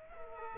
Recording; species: mosquito wingbeat signal from an infrared sensor; Culex quinquefasciatus